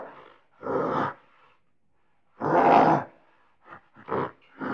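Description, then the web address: Gorilla giving harsh, rasping screams, one long loud roar-like burst in the middle flanked by shorter barking outbursts. "gritos de gorila"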